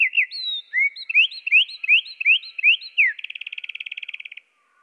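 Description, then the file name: Eurasian wren song at lowered pitch, with a quick sequence of rising slurred notes followed by a fast, even trill that stops abruptly. Pitched down one octave. "troglodyte-moins-1-octave"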